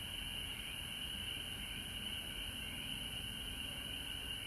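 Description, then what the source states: Frog chorus forming a constant high-pitched drone with a weaker lower layer, steady from start to end over low background noise. Recorded at home in Georgia on March 19, 2020.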